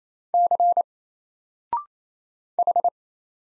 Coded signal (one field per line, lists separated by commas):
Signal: Morse code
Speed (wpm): 27 wpm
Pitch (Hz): 700 Hz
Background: none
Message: C H